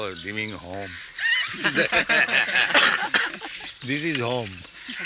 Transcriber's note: laughter